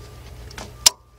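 On a 2004 Chevy Monte Carlo 3.4, the cruise control cable end is hooked onto its mount on the throttle body linkage bracket and pushed until it snaps into place. After a few faint rustles and soft taps, a single sharp, loud click is heard at 0.9 s, followed by near silence. The cable end is seated.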